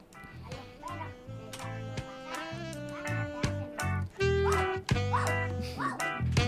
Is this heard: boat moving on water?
no